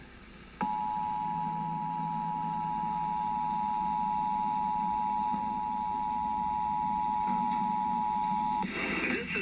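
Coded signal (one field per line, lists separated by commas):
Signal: Emergency Alert System (SAME) tones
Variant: 853 and 960 Hz attention tone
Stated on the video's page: National EAN test recorded from digital cable and from a TV station that botched it once and retried.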